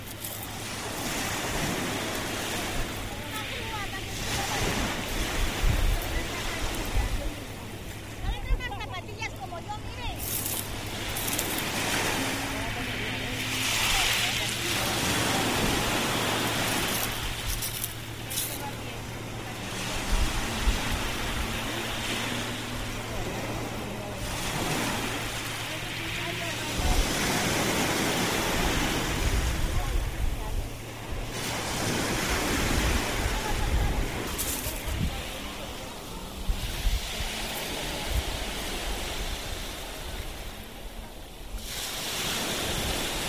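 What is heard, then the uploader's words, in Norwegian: A recording from the beach in Barcelona: a dense, steady wash of surf and crowd noise fills the whole clip, with voices talking throughout. A low constant hum runs underneath for most of the first half, and the loudness swells and eases every few seconds as waves roll in. Opptak fra stranda i Barcelona.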